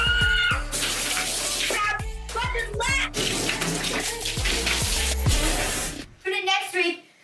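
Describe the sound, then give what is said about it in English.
Juice pours over someone's head in a steady, rushing splash lasting about six seconds, with vocal yelps and sputters mixed in, then the pouring stops and a short burst of voice follows. “What kind of juice I pour in my head next time.”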